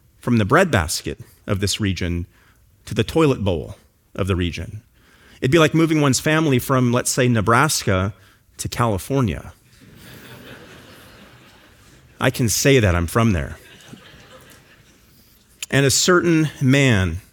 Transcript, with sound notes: from the breadbasket of this region to the “toilet bowl” of the region. It’d be like moving one’s family from, let’s say, Nebraska to California. (laughter) I can say that I’m from there. Verse 1, “And a certain man